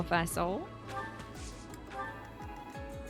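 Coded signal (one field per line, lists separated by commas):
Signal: none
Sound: video game sound effects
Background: speech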